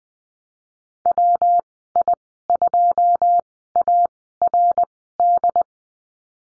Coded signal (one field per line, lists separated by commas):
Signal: Morse code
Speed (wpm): 20 wpm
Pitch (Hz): 700 Hz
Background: none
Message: WI2ARD